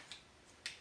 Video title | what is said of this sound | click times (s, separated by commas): Review! PSE Archery Viper SS Handheld Crossbow | pull it back until it clicks | 0.7 s